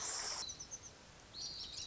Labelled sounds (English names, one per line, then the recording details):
Pacific Wren
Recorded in Sonoma County, California